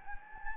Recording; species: mosquito wingbeat signal from an infrared sensor; Anopheles gambiae